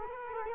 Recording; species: mosquito wingbeat signal from an infrared sensor; Culex quinquefasciatus